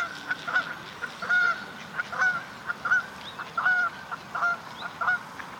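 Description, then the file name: Canada goose: nasal honks repeated in a series over a constant hissing background. "Various Birds - Canada Goose"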